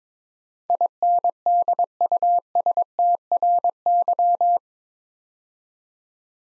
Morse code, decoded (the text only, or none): INDUSTRY